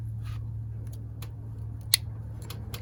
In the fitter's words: Make sure it clicks in there.